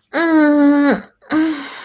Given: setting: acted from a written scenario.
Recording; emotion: vocal sound without words; ecstasy